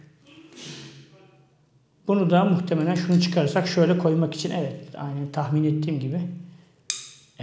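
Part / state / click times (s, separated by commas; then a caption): action camera into its accessory mount frame / seated / 6.9 s. After a piece is removed, a DJI Osmo Action camera is fitted into its plastic accessory frame or mount while someone talks. A sharp click at 6.9 s shows the camera has seated and is attached in the frame.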